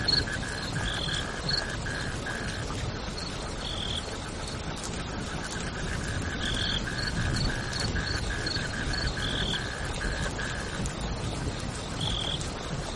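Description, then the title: Cricket chirping in pulsed trains of even trills, with short higher notes repeating now and then, over a steady roar of rain. Recorded amid rain. "suara Hujan Guntur Suara Jangkrik Dan Burung"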